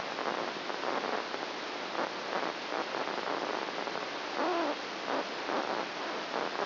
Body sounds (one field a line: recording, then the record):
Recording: brain microelectrode recording played as sound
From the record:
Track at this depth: outside the subthalamic nucleus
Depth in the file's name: 0.314 mm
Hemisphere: right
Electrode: 2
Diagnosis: Parkinson's disease